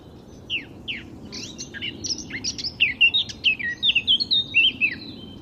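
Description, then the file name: Eurasian blackcap opening with a few separate notes, then hurried warbling that ends in a strong, melodious sequence of fluty whistles. "Sylvia atricapilla"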